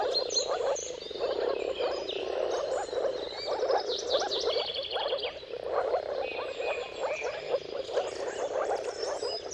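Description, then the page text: Moor frogs in full chorus, low bubbling calls pulsing without pause, while birds add buzzy trills and whistles. Moor frogs in a mating chorus at sunrise, at the turn of March and April, timing depending on weather. "Jakub-Orzecki moor frogs. earth.fm. Dawn’s Chorus: Mating Calls of Marsh Frogs at Sunrise. Depending on the weather at the turn of March and April, you can witness an amazing spectacle of moor frogs"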